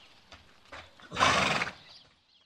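Horse giving a short, harsh, breathy whinny of about half a second, preceded by a few faint thuds.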